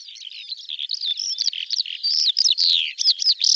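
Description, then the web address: Bird song: a fast, continuous jumble of high chirps, whistled slurs and descending sweeps, varied and unbroken, with no other sounds. Audio cleaned and normalized. "cianscape birddata Deverinetal 2025 File cleaned normalized Bird"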